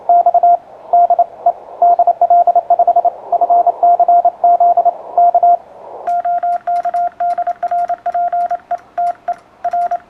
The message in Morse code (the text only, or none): X DE DL5FCZ K OK DR PETER